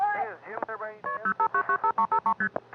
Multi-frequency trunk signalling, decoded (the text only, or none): KP05995353ST